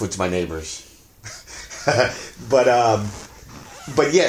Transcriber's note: laughing